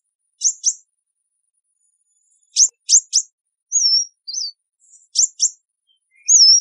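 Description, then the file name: Sunbird calls: paired and tripled sharp high chips, followed by thin slurred whistled notes, with a quiet gap of nearly two seconds early on. "Tieng chim hut mat"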